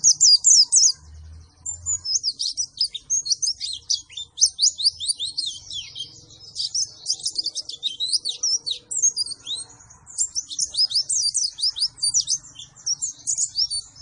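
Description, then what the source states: White-eye song, a long run of rapid high chirps and twittering notes with brief pauses, dense and energetic throughout. Performing energetically after being given a vitamin C drink as a supplement.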